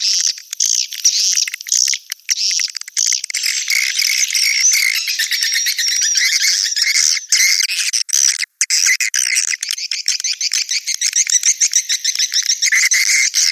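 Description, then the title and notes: Swiftlets calling, a steady flow of high twittering chirps and rattling trills from many birds, near constant with occasional short gaps. Sound used in swiftlet farming in Asia. "Swiflet Bird Sound. Farming Swiflet Bird asia sound"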